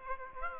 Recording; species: mosquito wingbeat signal from an infrared sensor; Aedes aegypti